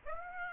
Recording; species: mosquito wingbeat signal from an infrared sensor; Aedes aegypti